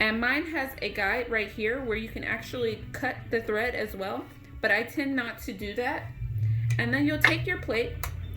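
Someone talks over a low steady hum and soft music while a plastic bobbin cover plate is handled before going back onto the sewing machine's needle plate. Nothing has seated or clicked yet; the plate is not yet home when the clip ends.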